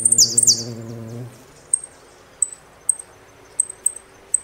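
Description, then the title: Saffron finch: a short bright buzzy phrase over a low humming tone at first, then single high chips every half second or so. "Jilguero Argentino"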